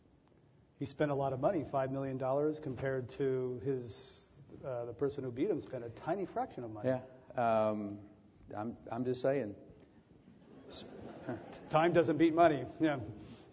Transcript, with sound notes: He spent a lot of money, $5,000,000, compared to his – the person who beat him spent a tiny fraction of money.
Yeah, I’m just saying.
[Laughter]
Time doesn’t beat money,